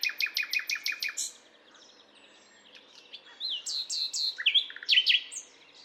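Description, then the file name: Common nightingale song opening with a run of rapid repeated clicks, followed by a quiet gap and then sweet whistles and chattering notes. "Luscinia megarhynchos"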